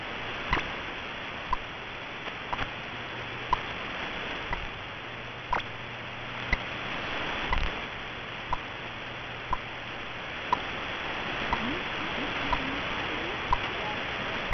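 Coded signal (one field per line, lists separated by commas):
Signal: radio time signal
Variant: BPM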